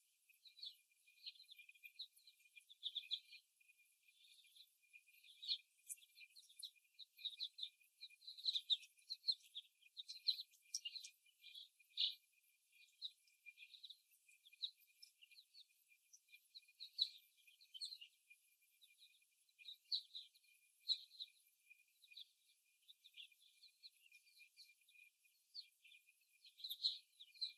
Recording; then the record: young laying hens in a cage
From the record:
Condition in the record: before the stressor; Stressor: simulated dog barking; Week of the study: 1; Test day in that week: 1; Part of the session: 1